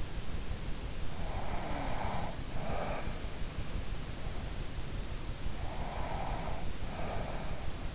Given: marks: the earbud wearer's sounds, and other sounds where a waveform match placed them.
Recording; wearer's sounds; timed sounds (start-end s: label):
sounds in sleep by an in-ear microphone; breath
0.89-3.75 s: breath
5.68-7.95 s: breath